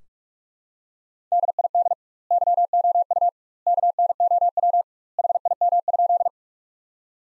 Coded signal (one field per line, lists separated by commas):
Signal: Morse code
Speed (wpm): 46 wpm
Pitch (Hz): 700 Hz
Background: none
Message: DID YOU KNOW HIM?